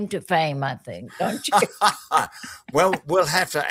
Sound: laughs